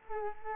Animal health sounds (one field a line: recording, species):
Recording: mosquito wingbeat signal from an infrared sensor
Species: Culex quinquefasciatus